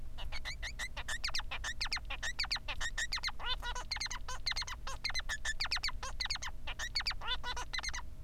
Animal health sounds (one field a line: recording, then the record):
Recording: song of a male Bengalese finch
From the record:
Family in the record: son of father 3